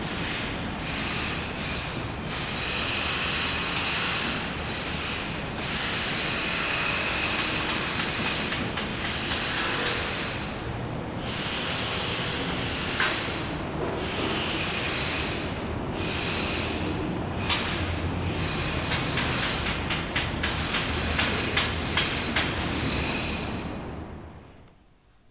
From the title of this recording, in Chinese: 施工中